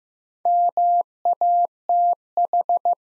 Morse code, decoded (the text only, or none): MATH